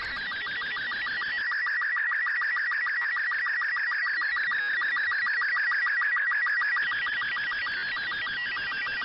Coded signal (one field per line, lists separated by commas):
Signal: SSTV (slow-scan television)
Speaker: And I can talk over it to ruin it. See, it's actual audio.